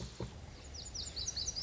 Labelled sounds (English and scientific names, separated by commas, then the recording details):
Lazuli Bunting (Passerina amoena)
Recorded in Sonoma County, California